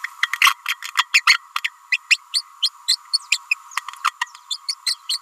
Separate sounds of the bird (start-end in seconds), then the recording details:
0.41-0.55, 0.96-1.06, 1.13-1.23, 1.26-1.38, 1.64-1.69, 1.92-1.98, 2.10-2.17, 2.32-2.43, 2.62-2.69, 2.88-2.97, 3.12-3.19, 3.30-3.38, 3.50-3.55, 4.04-4.12, 4.50-4.58, 4.68-4.75, 4.86-4.96, 5.09-5.19. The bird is a female. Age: 29 days. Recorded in a nest box in Venezuela. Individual 17B31A3